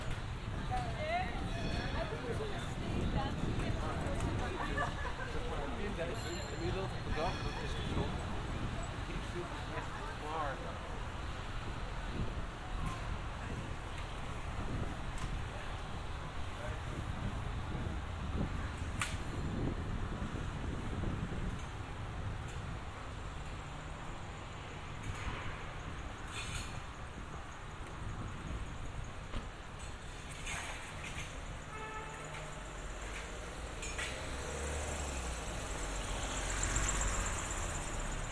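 A binaural field recording from Amsterdam in June, filled with a steady, dense rumble of vehicles and passing traffic. Low engine noise dominates throughout, with scattered murmurs of voices and brief clicks and knocks, and a brighter swell near the end.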